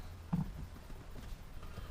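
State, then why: Seated. A rear view mirror on a 2002 Chevy Blazer is slid down over the small metal mounting button glued to the windshield. A short, sharp click at 0.3 seconds marks the mirror arm snapping onto the mount, and it is seated.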